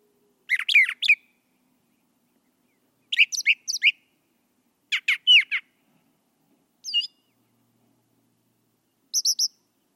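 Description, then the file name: Brown thrasher song: a series of varied phrases of rough, squeaky notes, spaced a couple of seconds apart, ending with a higher, thinner phrase. "suara kicauan brown thrasher. omkicau"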